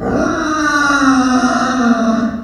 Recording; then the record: squeal of a Yucatan mini pig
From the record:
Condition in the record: after surgery on the right vocal fold (resection and tissue-engineered implant); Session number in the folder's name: 7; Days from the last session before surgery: 47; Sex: female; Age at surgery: 19 weeks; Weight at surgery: 25 kg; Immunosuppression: prednisolone